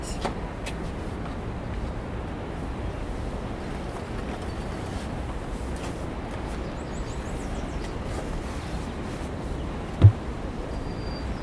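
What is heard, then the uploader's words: Sounds from Oregon: a steady low rumble like a passing vehicle or wind fills the scene, with faint clicks and one sharp knock near ten seconds. Collage of sounds from Oregon.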